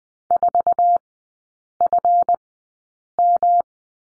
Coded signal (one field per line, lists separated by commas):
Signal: Morse code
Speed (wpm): 20 wpm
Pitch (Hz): 700 Hz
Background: none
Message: 4FM